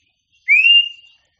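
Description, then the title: Oriental magpie-robin giving a single clear whistled note that rises, then holds steady and fades, with no other sounds around it. Champion singing bird. "Kicau Burung Kacer Juara"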